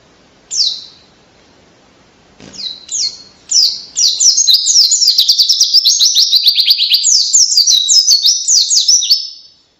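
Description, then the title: White-eye song opens with a few separate high downslurred notes, then breaks into a rapid, dense, high-pitched chattering warble lasting several seconds. Cage bird singing vigorously in the long rapid 'ngalas' style with canary-like phrasing, used as a training recording for songbirds. "Pleci Gacor Ngalas Edan Rasa Kenari"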